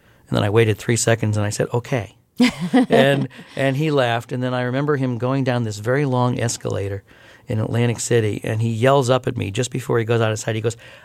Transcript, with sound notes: And then I waited three seconds and I said okay. (Soundbite of laughter) And he laughed, and then I remember him going down this very long escalator in Atlantic City, and he yells up at me, just before he goes out of sight, he goes: